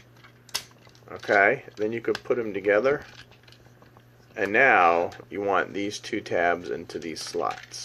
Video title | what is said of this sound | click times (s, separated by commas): Siege GALAXY UPGRADE OPTIMUS PRIME Transformers Leader Class Review (Wave 3) | this will snap right in there. | 0.6 s